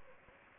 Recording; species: mosquito wingbeat signal from an infrared sensor; Anopheles gambiae